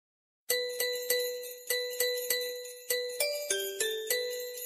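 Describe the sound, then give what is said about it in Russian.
Bright bells ring out on the street in a steady run of about a dozen evenly spaced strokes, each with a shimmering decay; partway through, the pitch shifts to a few different notes. No voices. “Вдруг откуда-то с улицы послышался звон колокольчиков.”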